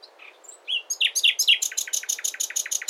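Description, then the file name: Common nightingale song phrase: a soft whistle and rising note, then loud swooping notes and a long steady series of rapid repeated notes. "Luscinia megarhynchos"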